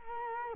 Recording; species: mosquito wingbeat signal from an infrared sensor; Culex quinquefasciatus